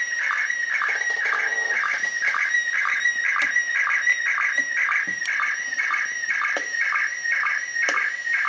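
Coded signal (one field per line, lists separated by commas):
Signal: SSTV (slow-scan television)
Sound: warbling tone around 2 kHz, rhythmically interrupted by short low chirps several times a second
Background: radio static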